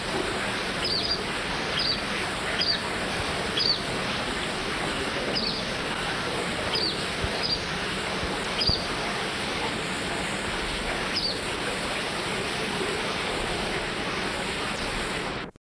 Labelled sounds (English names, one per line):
Little Bee-eater call